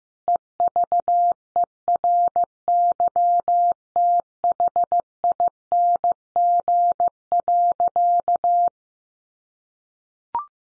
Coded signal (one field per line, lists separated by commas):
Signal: Morse code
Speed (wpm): 14 wpm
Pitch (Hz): 700 Hz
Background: none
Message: EVERYTHING.